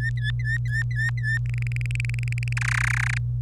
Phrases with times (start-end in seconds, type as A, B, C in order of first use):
0.00-1.38 A, 1.46-2.53 B, 2.57-3.18 C